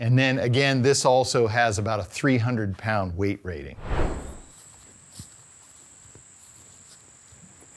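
A saddle-hunting platform with a rubberized piece meant to keep it from making a metal click, and rated for about 300 lb, is handled at its tree mount while someone talks. Speech fills the first four seconds, followed by a short soft rustle of handling and then near silence with a faint steady high-pitched tone. The platform has not yet locked into place, and nothing has seated or clicked.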